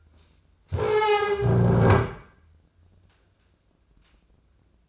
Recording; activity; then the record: daily activity, microphone in the room; stand up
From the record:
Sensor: 2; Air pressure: 995.8 hPa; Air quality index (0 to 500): 243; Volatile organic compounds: 1000 ppm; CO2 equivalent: 5997 ppm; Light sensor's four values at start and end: 26/64/28/31 and 25/60/27/30